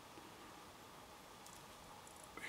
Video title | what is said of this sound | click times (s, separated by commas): LRDG Build Series Part 1 | we want a good there we go you can almost feel it kind of click into place | 2.4 s